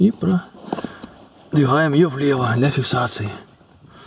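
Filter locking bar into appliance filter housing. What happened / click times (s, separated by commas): The locking bar is being handled but has not yet clicked home / none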